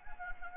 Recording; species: mosquito wingbeat signal from an infrared sensor; Anopheles gambiae